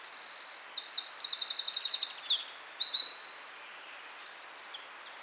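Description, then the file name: Eurasian wren song bursting in after half a second: rapid, piercing trills and rattling note runs for about four seconds, ending abruptly. "Troglodytes troglodytes"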